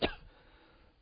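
One short, sharp cough at the start, then quiet; a single cough from an adult man who is unwell today and has been coughing constantly.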